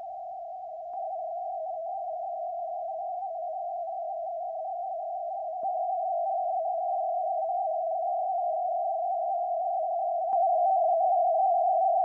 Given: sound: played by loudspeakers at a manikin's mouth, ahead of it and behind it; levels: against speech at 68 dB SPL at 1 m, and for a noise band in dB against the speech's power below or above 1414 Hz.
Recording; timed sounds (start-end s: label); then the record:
test signals for a remote microphone
0.00-0.94 s: noise band at 707 Hz, -5 dB
0.94-5.63 s: noise band at 707 Hz, 0 dB
5.63-10.33 s: noise band at 707 Hz, +5 dB
10.33-12.05 s: noise band at 707 Hz, +10 dB
From the record:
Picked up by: measurement microphone